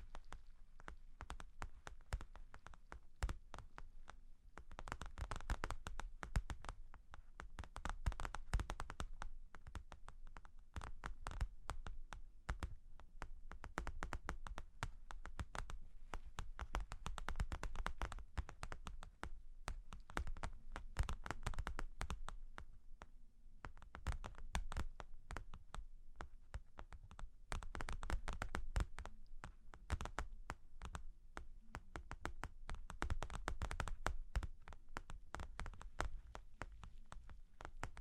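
Long claws tap and scratch in a continuous, dense patter of sharp clicks running the full length. The tapping swells into busier, scratchier bursts around 5–7, 17–22 and 32–35 seconds, with a low rumble underneath throughout.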